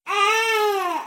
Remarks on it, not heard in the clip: Ow is the word that means your baby's tired. The yawning reflex baby gets when they're tired opens the mouth wide, flattening the tongue and pushing it back. Giving a more open, yawning sound to the cry. You should try and get that baby to have a nap.